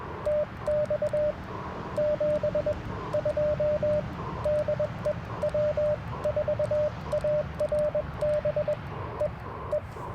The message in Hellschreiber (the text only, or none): none